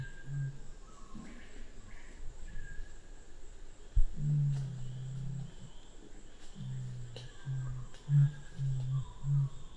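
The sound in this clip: Black curassow low resonant booms, a broken series of deep humming notes mostly in the second half, with faint whistling birds and a continuous high insect drone.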